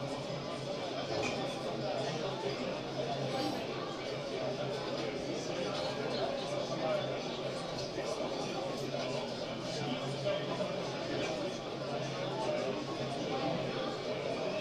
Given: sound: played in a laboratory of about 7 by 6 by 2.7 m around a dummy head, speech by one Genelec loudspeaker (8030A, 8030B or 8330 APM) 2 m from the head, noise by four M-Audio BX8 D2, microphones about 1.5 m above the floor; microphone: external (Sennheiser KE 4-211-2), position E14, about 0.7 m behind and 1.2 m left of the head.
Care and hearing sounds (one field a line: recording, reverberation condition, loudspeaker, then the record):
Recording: cafeteria noise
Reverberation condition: low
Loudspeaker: four, about 170 cm from the corners of the room and facing them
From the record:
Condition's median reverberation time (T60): about 310 ms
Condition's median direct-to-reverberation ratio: about 3.5 dB